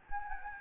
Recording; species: mosquito wingbeat signal from an infrared sensor; Anopheles gambiae